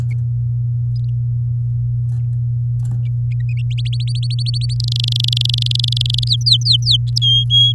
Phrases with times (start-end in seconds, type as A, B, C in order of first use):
3.92-4.75 A, 4.80-6.28 B, 6.29-6.97 C, 7.22-7.73 D